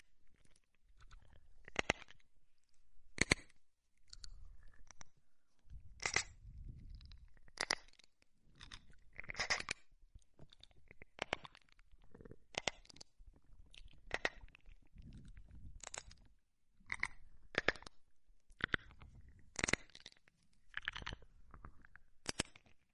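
Crisp mouth sounds of crunching and chewing come in quick, irregular bursts, with soft low thuds between them and near silence underneath.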